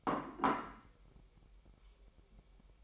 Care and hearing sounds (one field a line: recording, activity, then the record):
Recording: daily activity, microphone in the room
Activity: place plate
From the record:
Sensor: 1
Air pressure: 1002.0 hPa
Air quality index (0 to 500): 244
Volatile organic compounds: 49 ppm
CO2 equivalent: 3288 ppm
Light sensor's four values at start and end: 8/28/10/11 and 8/28/10/11